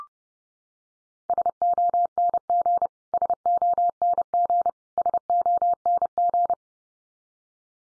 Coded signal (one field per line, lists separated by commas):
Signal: Morse code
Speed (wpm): 30 wpm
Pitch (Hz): 700 Hz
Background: none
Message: SONG SONG SONG